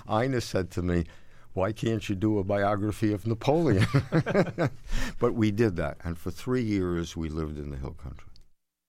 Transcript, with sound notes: Ina said to me, why can't you do a biography of Napoleon?
(LAUGHTER)
But we did that. And for three years, we lived in the hill country.